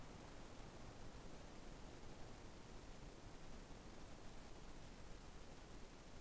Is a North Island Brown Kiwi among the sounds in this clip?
no